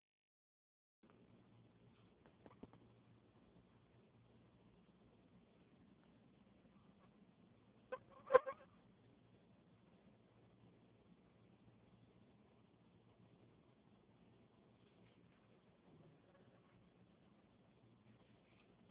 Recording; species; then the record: mosquito flight sound by mobile phone; Anopheles gambiae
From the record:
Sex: female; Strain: Kisumu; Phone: Huawei 866C